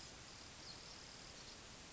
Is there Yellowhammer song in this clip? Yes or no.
no